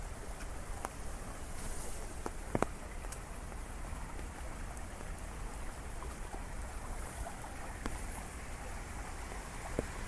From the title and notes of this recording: Umbrella Rain City Walk. A walk through a rainy city.